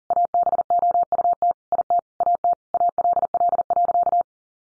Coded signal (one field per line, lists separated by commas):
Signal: Morse code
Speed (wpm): 40 wpm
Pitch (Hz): 700 Hz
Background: none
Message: ABOUT IT AT ALL.